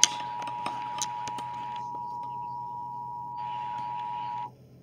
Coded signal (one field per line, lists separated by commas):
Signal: Emergency Alert System (SAME) tones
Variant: 853 and 960 Hz attention tone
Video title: I SAY DAVIDSON MONDAY NIGHT SEVERE T' STORMS SOUTHEASTERN TX EAS Alerts from 5/8/23 (EAS#240 & #260)